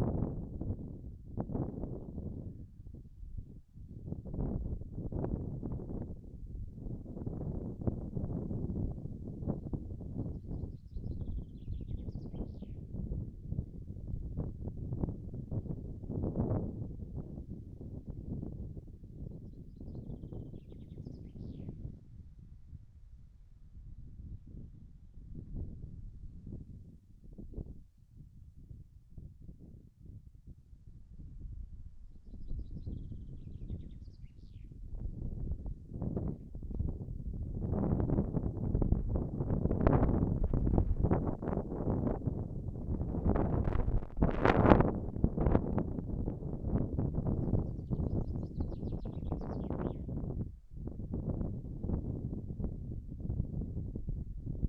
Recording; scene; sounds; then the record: everyday scene through a hearing-aid microphone; wind on the microphone; wind, birds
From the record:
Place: in front of a rural house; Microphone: behind the ear, right, front